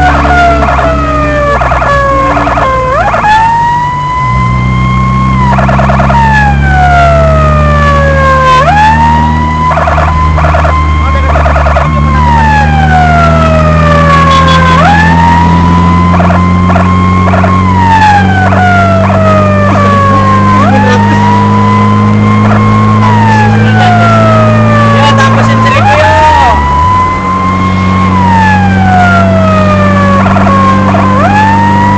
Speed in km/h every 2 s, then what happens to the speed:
52, 44, 48, 53, 58, 52, 57, 63, 68, 71, 76, 79, 82, 79, 82, 84.
0-3 slows to 44. 3-7 speeds up to 58. 11-32 speeds up to 84.